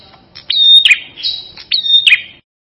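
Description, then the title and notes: Prinia song: two loud phrases, each a sharp buzzy note followed by a clear sustained tone ending in an abrupt chip. Full song with trills, called ngerol. "Suara Kicau Burung Prenjak Lengkap dan Ngerol"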